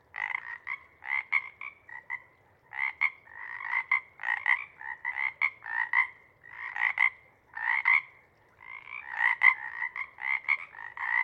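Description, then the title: Pacific chorus frogs in staccato chorus, bursts of overlapping croaks separated by short silent gaps. Chorus at a pond in pre-morning twilight as night wanes; temperature torpor sets in and individuals leave to hunt; full chorus breaks into waves circling the pond, then staccato sections tapering away. "Chorus Frogs, Chorus Waxes and Wanes, pre-morning-twilight"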